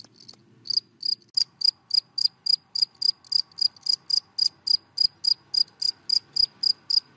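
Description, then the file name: Cricket chirping rapidly, about three and a half chirps per second, high and crisp, above a faint low hum and a steady mid-pitched drone. Crickets calling, given by the Vietnamese names dế mèn, dế cơm and dế than. "Tieng de men de com de than keu"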